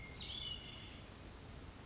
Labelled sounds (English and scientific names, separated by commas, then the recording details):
Hermit Thrush (Catharus guttatus)
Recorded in Sonoma County, California